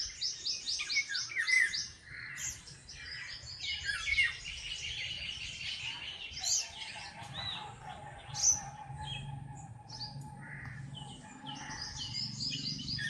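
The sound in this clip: Several birds singing at once, quick chirping trills and whistled notes overlapping throughout, with a faint steady tone in the later seconds.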